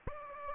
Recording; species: mosquito wingbeat signal from an infrared sensor; Aedes aegypti